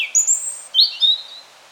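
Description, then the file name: European robin song: a few drawn-out thin high whistles, one sliding downward, then a lower clear note. "Erithacus rubecula"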